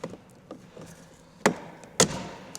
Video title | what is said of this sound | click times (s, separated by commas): How to replace / fix the door opening motor on a Tesla Model X! | So pop this off all the way down, | 1.5 s, 2.0 s